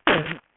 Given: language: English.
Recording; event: throat vibration sensor signal played as sound; cough